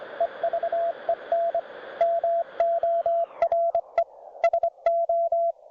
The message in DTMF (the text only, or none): none